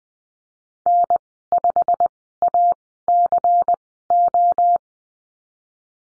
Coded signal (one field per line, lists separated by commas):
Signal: Morse code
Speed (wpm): 19 wpm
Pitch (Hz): 700 Hz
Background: none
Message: N5ACO